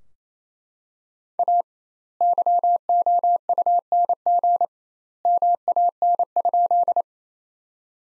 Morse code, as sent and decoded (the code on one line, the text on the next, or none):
.- / -.-- --- ..- -. --. / -- .- -. ..--..
A YOUNG MAN?